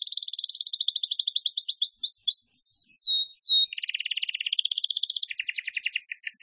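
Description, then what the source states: Atlantic canary delivering fast pulsed trills, a run of looping slurred notes, and a sustained buzzy roll ending in quick chattering phrases. Canary, called kenari, recording used as a lure for bird-trapping (pikat).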